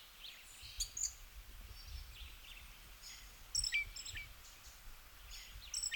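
Western red-legged thrush calling with thin, high squeaks and brief chirps, spaced irregularly every second or two, against soft low rumble.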